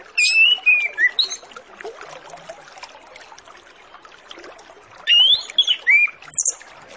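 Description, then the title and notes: Orange-headed Thrush song: two bursts of clear whistled, slurred phrases with high thin notes, separated by a pause of about four seconds over steady background hiss. Master lure recording with full filler phrases, used to prompt Orange-headed Thrushes to start singing quickly. "Masteran Anis Kembang Full Isian Untuk Suara Pancingan Anis Kembang Agar Cepat Ngeplong. Suara Burung Anis Kembang"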